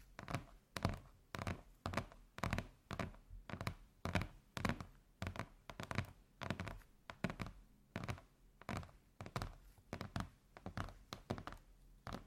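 Tapping in a quick, fairly regular rhythm, roughly two taps per second across the whole twelve seconds. Each tap is a short, dull thunk with a sharp attack and a brief ring, some landing slightly harder than others. A low, steady hum sits underneath.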